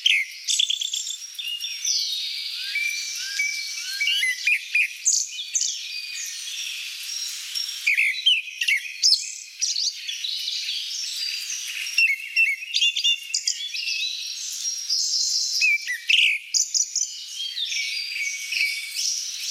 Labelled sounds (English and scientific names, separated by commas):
Grey-backed Thrush (Turdus hortulorum) song